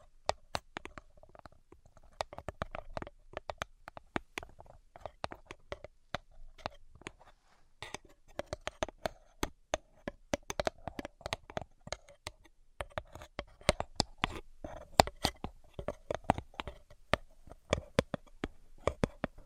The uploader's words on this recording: ASMR Brain Penetrating 3D Tapping (No Talking).